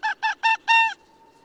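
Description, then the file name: Arctic fox giving four harsh, harmonic barks in quick succession, the last one longer, then quiet. Arctic fox of subspecies fuliginosus, barking, at Hornbjarg; date code 190609. "afox-fuliginosus -BARK is hornbjarg"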